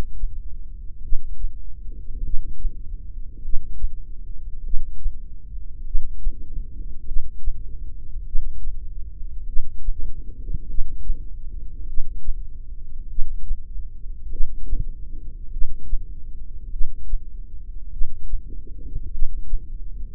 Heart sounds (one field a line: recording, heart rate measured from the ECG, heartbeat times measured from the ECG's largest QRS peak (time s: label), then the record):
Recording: heart sounds by microphone in the left ear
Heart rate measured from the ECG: 50 bpm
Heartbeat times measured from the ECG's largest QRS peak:
1.04 s: heartbeat
2.25 s: heartbeat
3.44 s: heartbeat
4.65 s: heartbeat
5.86 s: heartbeat
7.07 s: heartbeat
8.27 s: heartbeat
9.48 s: heartbeat
10.69 s: heartbeat
11.88 s: heartbeat
13.10 s: heartbeat
14.32 s: heartbeat
15.53 s: heartbeat
16.73 s: heartbeat
17.93 s: heartbeat
19.13 s: heartbeat
From the record:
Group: heart failure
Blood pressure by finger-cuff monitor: 116/67 mmHg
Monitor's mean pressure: 84 mmHg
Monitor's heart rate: 50 bpm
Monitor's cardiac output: 4.4 L/min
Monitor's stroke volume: 88 mL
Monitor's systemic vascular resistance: 1400 dyn s/cm5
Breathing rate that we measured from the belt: 14 breaths a minute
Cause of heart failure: cardiac sarcoid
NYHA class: 1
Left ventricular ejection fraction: 39%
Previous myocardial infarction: absent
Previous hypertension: absent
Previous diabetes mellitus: absent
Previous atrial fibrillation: present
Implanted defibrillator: present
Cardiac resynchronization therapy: absent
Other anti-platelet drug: absent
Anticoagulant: apixaban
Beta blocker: carvedilol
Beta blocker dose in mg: 50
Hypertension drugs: ramipril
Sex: male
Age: 79 years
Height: 184 cm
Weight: 92.5 kg